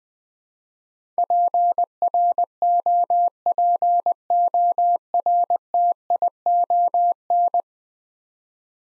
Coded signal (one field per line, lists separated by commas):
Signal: Morse code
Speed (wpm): 20 wpm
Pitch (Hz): 700 Hz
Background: none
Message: PROPORTION